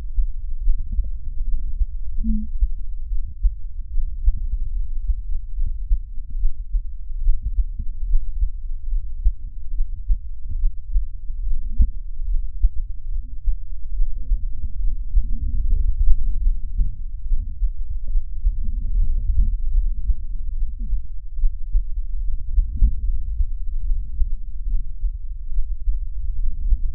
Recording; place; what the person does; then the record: lung sounds by stethoscope; right posterior basal chest; quiet breathing, then deep breathing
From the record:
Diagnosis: asthma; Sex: female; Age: 56 years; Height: 161 cm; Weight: 85 kg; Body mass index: 32.8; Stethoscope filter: bell mode